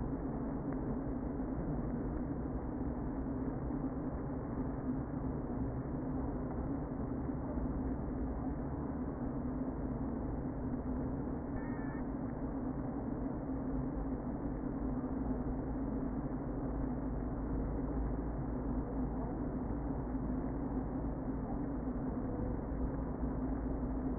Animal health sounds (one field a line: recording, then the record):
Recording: honeybee colony, microphone inside the hive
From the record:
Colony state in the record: queen present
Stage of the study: before two queens were removed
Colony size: about 60,000 bees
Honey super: yes